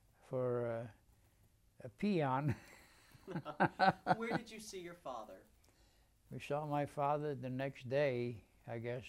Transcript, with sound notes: for a peon. [Laughs]
Where did you see your father?
We saw my father the next day, I guess.